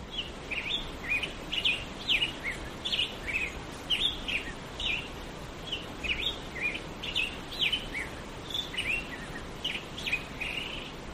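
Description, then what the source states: Grosbeak song: rapid warbled phrases of short sweet notes repeated throughout over a steady rushing wash of creek water. Singing around daybreak, heard from a back porch in the morning with a creek in the background.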